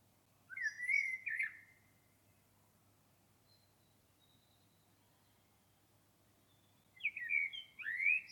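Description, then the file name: Common blackbird, two short bursts of squeaky, chirping notes with thin high twitters, separated by about five seconds of quiet. "Turdus merula"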